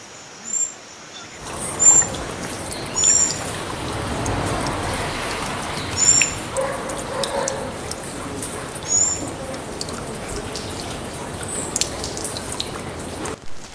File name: canto da saira sapucaia